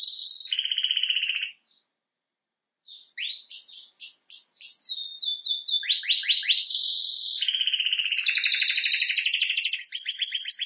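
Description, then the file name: Canary song: rolling trill, a short silence, then rapid chirps, repeated falling notes, a bright sustained trill and fast pulsed tours. "Canary Voice"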